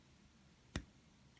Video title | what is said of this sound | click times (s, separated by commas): Lamy Studio (imperial blue) - Fountain Pen Review | or almost the same click here | 0.8 s